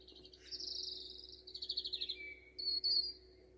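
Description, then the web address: European robin song, a high sustained thin note then a rapid stuttering trill, a descending whistle and a sharp high flourish, over a faint low hum. "Deverinetal 2025 File origin Bird Only Er Ru"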